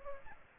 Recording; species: mosquito wingbeat signal from an infrared sensor; Aedes aegypti